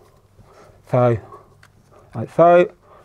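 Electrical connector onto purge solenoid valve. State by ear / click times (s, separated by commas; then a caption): not seated / none. An electrical connector is handled at a new EVAP purge solenoid valve on a Ferrari, with a plastic retaining clip inside the clamp. Someone talks in two short bursts, and a faint small tick comes at about 1.6 s. Nothing has seated or clicked yet.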